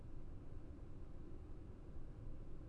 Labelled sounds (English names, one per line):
none